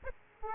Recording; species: mosquito wingbeat signal from an infrared sensor; Aedes aegypti